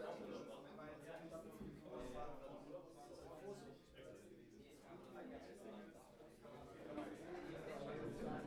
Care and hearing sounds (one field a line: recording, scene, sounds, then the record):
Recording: everyday scene through a hearing-aid microphone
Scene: many people talking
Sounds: many voices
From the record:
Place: bistro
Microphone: behind the ear, right, front